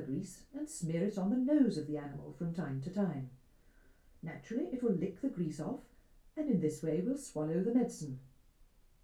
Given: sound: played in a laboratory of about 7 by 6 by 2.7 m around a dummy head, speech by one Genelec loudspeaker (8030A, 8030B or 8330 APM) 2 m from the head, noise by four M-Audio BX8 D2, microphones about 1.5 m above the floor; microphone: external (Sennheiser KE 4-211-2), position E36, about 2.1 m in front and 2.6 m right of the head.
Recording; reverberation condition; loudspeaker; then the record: female speech in English; low; 60 degrees to the right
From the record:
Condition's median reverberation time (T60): about 310 ms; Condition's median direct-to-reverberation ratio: about 3.5 dB